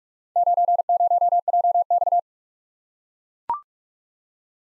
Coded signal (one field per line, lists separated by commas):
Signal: Morse code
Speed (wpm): 44 wpm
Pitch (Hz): 700 Hz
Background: none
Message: 90JX